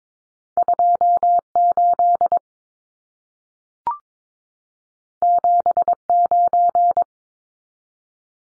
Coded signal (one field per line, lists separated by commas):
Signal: Morse code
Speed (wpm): 22 wpm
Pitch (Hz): 700 Hz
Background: none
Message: 28 79